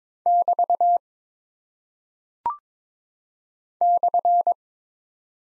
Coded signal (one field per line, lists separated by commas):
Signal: Morse code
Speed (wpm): 22 wpm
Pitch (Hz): 700 Hz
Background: none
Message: <BT> /